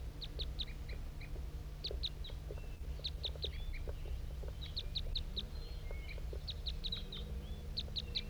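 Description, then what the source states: Crossbill flight calls, rapid sharp chips in quick clusters repeated throughout, with a few short whistled notes and a constant low hum. Wild male crossbill flying high overhead in undulating flight, coming in toward a marked bird on a hilltop; around 8:21.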